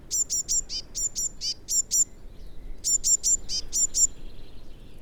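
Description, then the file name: Eurasian blue tit calling: quick clusters of high, sharp notes, some closing with a lower, scratchy note, repeated almost continuously with one brief pause. "Cyanistes caeruleus"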